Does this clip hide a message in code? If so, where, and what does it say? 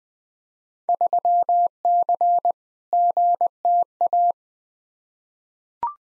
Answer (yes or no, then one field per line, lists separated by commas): yes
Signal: Morse code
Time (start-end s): 0.9-4.3 s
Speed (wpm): 20 wpm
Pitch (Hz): 700 Hz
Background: none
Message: 3C GTA